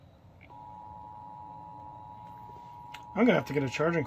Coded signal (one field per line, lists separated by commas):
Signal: Emergency Alert System (SAME) tones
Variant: 853 and 960 Hz attention tone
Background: speech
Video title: (L.S. EAS #299) Severe Thunderstorm Warning